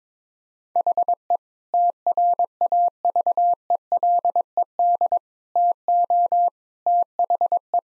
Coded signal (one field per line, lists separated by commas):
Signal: Morse code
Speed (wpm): 21 wpm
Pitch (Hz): 700 Hz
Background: none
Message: HE TRAVELED TO THE